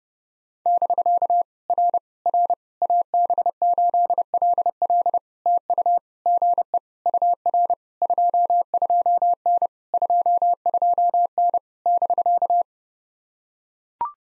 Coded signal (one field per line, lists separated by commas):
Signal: Morse code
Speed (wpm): 30 wpm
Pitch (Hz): 700 Hz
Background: none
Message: <BK> R R AB8LL TU GE UR 22N 22N <BK>